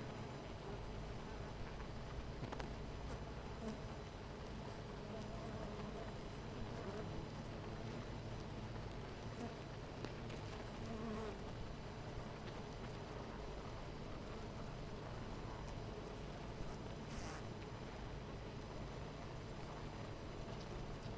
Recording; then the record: honeybee colony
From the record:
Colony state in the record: missing queen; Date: 14 July 2017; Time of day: 10:09